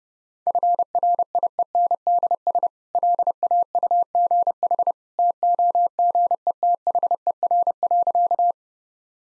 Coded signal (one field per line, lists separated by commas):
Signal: Morse code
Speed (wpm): 32 wpm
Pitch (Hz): 700 Hz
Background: none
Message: FRIENDS LAUGH TOGETHER.